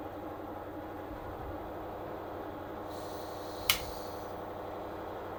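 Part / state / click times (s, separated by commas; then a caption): bolt in air rifle receiver / seated / 3.7 s. The steel bolt of an Umarex TR50 50-cal PCP air rifle with an expansion stock is worked after hooking up a tethered 48ci, 3000psi-capacity air tank at 800psi. Over a steady low hum, a single sharp click sounds at 3.7 s as the bolt seats in the receiver, clicking into place.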